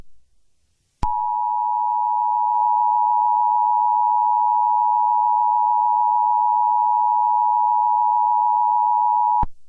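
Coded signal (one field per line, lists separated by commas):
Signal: Emergency Alert System (SAME) tones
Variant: 853 and 960 Hz attention tone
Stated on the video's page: Mock Missouri Required Monthly Test EAS alert interrupting a weather forecast, simulated rather than a real broadcast.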